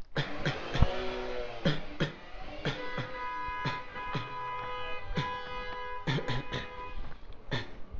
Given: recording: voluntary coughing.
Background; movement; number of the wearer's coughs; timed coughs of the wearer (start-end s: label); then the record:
traffic; walking; 13
0.15-0.33 s: cough
0.43-0.61 s: cough
0.72-1.01 s: cough
1.63-1.89 s: cough
1.99-2.17 s: cough
2.64-2.84 s: cough
2.89-3.15 s: cough
3.64-3.91 s: cough
4.06-4.29 s: cough
5.15-5.33 s: cough
6.06-6.27 s: cough
6.27-6.45 s: cough
7.50-7.75 s: cough
From the record:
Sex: male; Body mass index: 23.7 kg/m2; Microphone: on the chest, facing outward